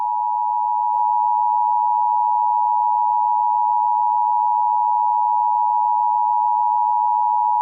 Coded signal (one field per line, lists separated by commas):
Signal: Emergency Alert System (SAME) tones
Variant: 853 and 960 Hz attention tone